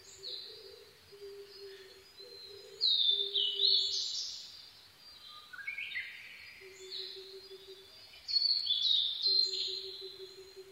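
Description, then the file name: Blue-and-white flycatcher song: three rich whistled phrases with sliding and falling notes, spaced a few seconds apart, over a low repeated droning tone. 22 May 2011 at 04:34. "ooruri-20110522-0434"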